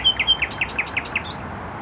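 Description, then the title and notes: Nightingale song: a quick string of repeated clipped downslurred notes ending in a short high flourish, with low traffic hum. Singing in bushes close to a noisy motorway, Trasa Toruńska, Bródno-Podgrodzie, Warsaw, Poland; recorded with an Olympus LS-11. "Bródno-Podgrodzie, Warszawa, Polska - Trasa Toruńska Nightingale. Recording nightingale singing in bushes close to noisy motorway"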